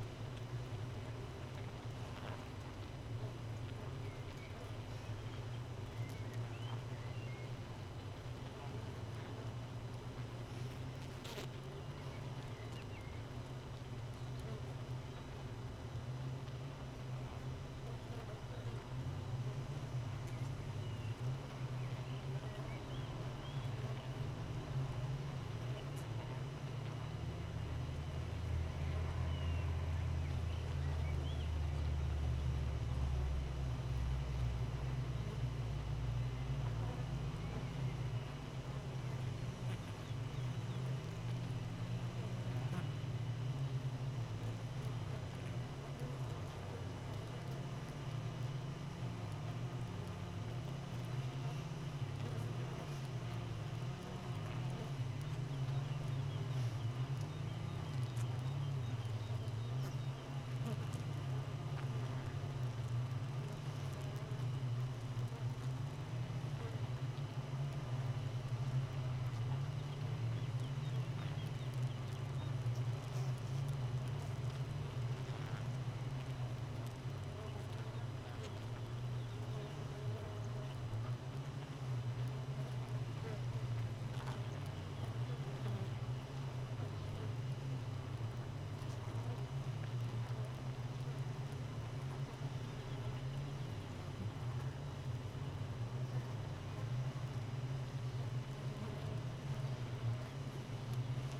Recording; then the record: honeybee colony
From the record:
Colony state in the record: missing queen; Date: 31 May 2018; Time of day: 4:32